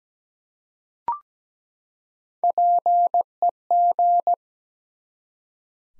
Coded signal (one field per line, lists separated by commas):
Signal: Morse code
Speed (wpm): 17 wpm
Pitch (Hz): 700 Hz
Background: none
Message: PEG